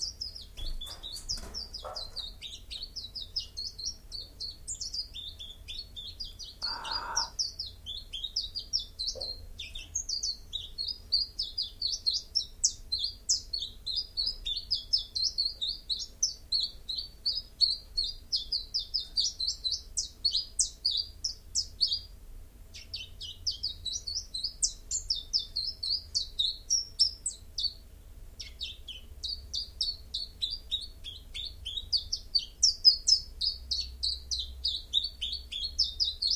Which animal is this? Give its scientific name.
Phylloscopus collybita